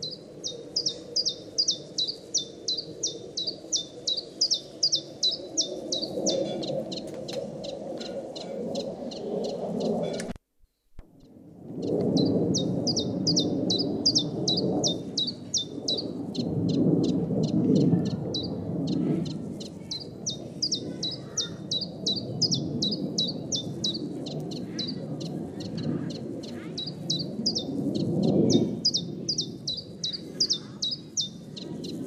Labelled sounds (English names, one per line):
Common Chiffchaff song